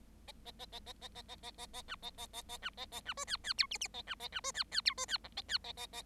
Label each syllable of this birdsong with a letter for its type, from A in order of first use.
A A A A A A A A A A A B A A A A B A A B C D D E F F A B A B C D D E C D G A D A A A